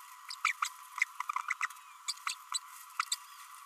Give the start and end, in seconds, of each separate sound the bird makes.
0.44-0.53, 0.62-0.68, 1.62-1.67, 2.08-2.13, 2.27-2.35, 2.53-2.58, 2.99-3.02, 3.11-3.15